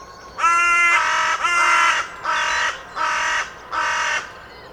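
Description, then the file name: Carrion crow calling six rough, grating caws, the first three almost run together. "Corvus corone"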